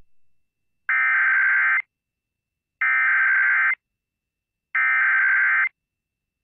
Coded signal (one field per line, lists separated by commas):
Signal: Emergency Alert System (SAME) tones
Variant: header bursts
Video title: EAS #0010 | 5/2/21 WKJS Richmond, VA EAS Amber Alert issued for Noah Gabriel Trout Alerts Part 2